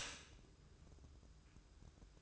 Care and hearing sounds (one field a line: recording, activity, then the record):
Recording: daily activity, microphone in the room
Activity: stop toaster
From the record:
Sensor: 2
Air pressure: 1006.9 hPa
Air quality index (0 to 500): 41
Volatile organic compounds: 1 ppm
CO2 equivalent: 543 ppm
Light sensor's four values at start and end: 6/14/6/6 and 6/14/6/6